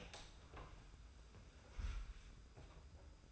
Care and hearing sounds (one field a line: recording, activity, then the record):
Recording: daily activity, microphone in the room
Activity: open door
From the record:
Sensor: 2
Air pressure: 991.5 hPa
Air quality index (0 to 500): 154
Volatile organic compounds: 528 ppm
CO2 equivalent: 4855 ppm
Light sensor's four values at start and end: 34/99/39/37 and 34/99/39/37